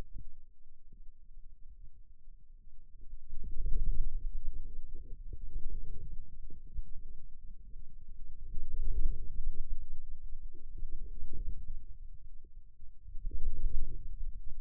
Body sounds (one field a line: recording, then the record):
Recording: forearm muscle sounds (acoustic myography)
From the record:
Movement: inward rotation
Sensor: system 2, bracelet of six BSWA MPA416 microphones around the upper forearm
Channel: 5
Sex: male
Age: 22 years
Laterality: right